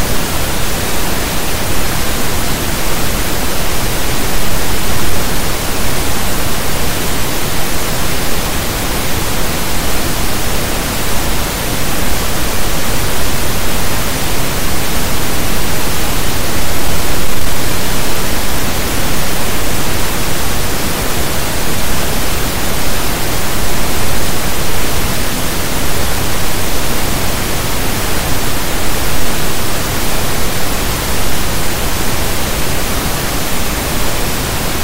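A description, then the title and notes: A steady wash of brown noise runs unbroken for the whole clip, dense and even, with no events or pauses. The hiss fills everything from a deep rumble up to a soft airy top, and its level never rises or falls. Brown Noise.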